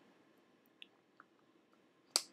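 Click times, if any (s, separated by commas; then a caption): 2.2 s. A magnetic flap closure on a handmade paper-and-card mini album is closed. After a quiet stretch with two faint small clicks at 0.8 and 1.2 seconds, the flap snaps shut with a sharp, loud click at 2.2 seconds, and the closure is seated.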